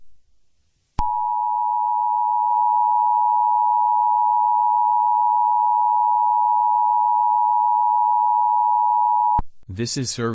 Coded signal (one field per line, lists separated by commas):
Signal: Emergency Alert System (SAME) tones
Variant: 853 and 960 Hz attention tone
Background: speech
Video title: eas scenario catemojibabyheat part 7